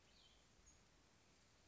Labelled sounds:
Cassin's Vireo
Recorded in Sonoma County, California

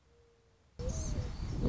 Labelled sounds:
Mourning Dove
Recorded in Sonoma County, California

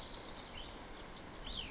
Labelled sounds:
Cassin's Vireo
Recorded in Sonoma County, California

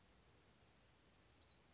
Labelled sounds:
Western Flycatcher
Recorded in Sonoma County, California

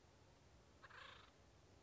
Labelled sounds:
Acorn Woodpecker
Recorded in Sonoma County, California

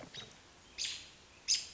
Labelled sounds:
American Robin
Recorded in Sonoma County, California

